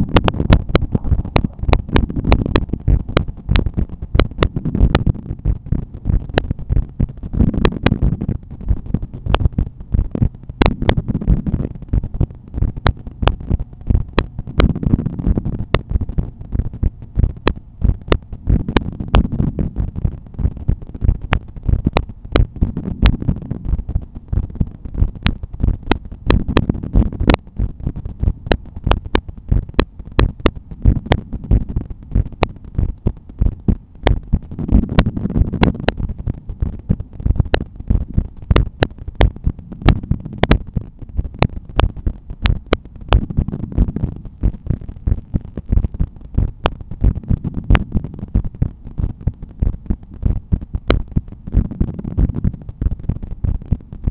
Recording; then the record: heart sounds by stethoscope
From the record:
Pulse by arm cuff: 92 bpm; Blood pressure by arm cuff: 136/87 mmHg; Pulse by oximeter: 97 bpm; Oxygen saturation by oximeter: 96%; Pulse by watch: 100 bpm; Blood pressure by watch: 127/82 mmHg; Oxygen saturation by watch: 96%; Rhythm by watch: sinus rhythm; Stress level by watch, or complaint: low stress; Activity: after dinner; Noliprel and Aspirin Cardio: no pills today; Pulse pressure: 49 mmHg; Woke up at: 7:30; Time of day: 18:30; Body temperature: 36.3 C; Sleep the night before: 9 h 22 min, score 68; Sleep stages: REM 22%, light 66%, deep 4%, awake 8%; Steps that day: 11800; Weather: sunny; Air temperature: 19.9 C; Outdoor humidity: 73%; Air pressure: 1014 hPa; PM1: 4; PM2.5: 7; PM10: 10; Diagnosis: hypertension, treated with Noliprel and Aspirin Cardio 100 mg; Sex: male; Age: 53 years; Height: 174 cm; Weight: 81 kg